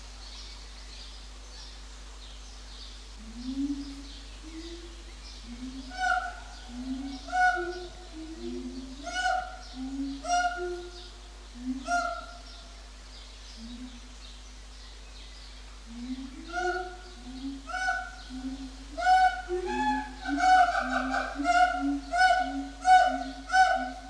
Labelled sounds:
Siamang

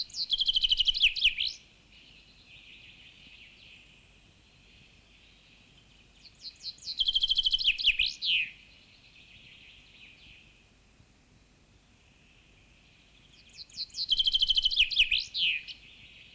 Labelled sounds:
Common Chaffinch song

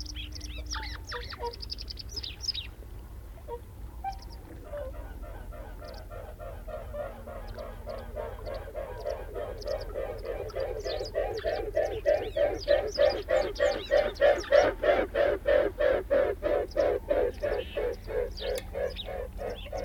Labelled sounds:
White Wagtail song

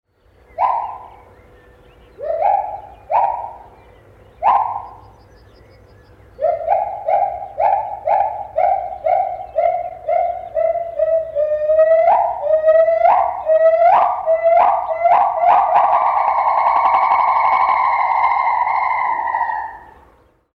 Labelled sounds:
Agile Gibbon

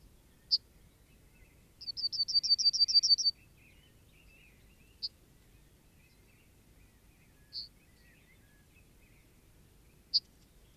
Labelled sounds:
Yellowhammer

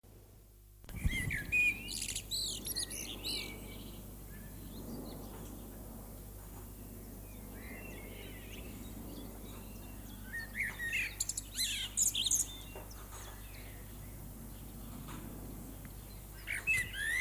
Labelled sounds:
Common Blackbird song

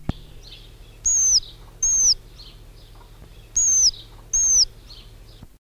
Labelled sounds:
Silver Pheasant call

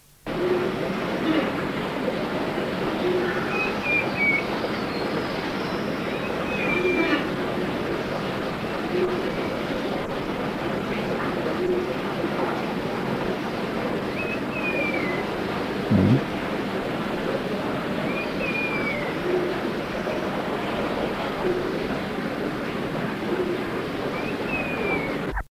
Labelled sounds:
Javan Trogon call

